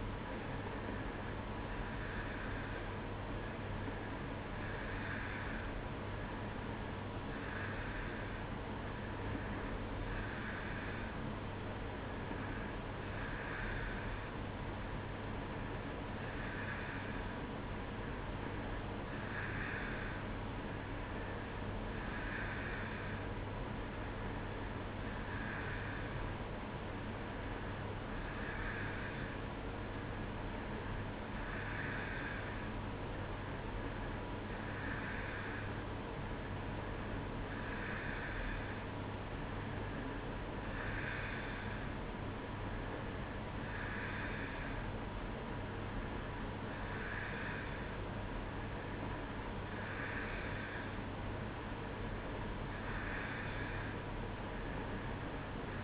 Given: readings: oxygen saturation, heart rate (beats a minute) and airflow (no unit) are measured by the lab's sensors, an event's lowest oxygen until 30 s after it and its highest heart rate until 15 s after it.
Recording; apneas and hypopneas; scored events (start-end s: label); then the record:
breathing in sleep by a voice recorder at the bedside; none
none scored
From the record:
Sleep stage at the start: N2 (light sleep); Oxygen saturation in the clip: 90 to 92%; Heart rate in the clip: 61 to 65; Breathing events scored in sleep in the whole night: 305 in 9.6 hours asleep